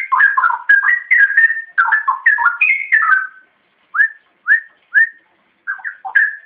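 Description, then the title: Oriental magpie-robin singing: a fast jumble of warbled whistles, then several separate rising whistled notes. "Kicau Kacer Durasi Panjang 1jam Lebih"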